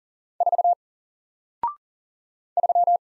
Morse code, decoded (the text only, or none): 4 3